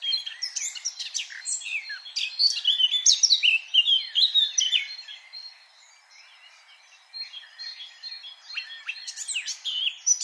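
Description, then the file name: Eurasian blackcap warbling song, a dense jumble of fast, varied high chirps and trills, fading to near silence around six seconds before resuming. "Sylvia atricapilla"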